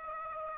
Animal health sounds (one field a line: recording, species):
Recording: mosquito wingbeat signal from an infrared sensor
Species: Aedes aegypti